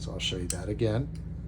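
Someone talks while a folding knife blade is slowly rolled open with the thumb, meant to end with a snap so the metal liner lock clicks into place behind the blade tang. Only speech and faint handling are heard. The clip ends before the blade locks open, so the liner lock has not clicked into place yet.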